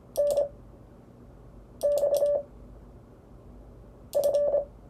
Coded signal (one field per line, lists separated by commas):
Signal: Morse code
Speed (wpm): 25 wpm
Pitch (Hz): 580 Hz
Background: none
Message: NXF